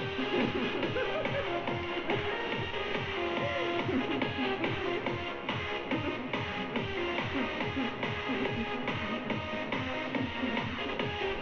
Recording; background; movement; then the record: laughter; music; sitting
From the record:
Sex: female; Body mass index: 36.4 kg/m2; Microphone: on the chest, facing outward